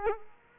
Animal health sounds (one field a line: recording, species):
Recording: mosquito wingbeat signal from an infrared sensor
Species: Culex quinquefasciatus